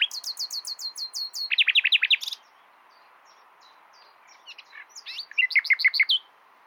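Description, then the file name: Common nightingale delivering a quick run of repeated high descending notes, then a loud churring trill, a pause, and a final burst of rapid chirps. "Luscinia megarhynchos"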